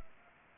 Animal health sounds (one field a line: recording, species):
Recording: mosquito wingbeat signal from an infrared sensor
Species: Culex pipiens